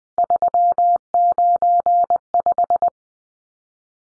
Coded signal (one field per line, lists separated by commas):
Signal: Morse code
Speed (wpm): 20 wpm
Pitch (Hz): 700 Hz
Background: none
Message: 395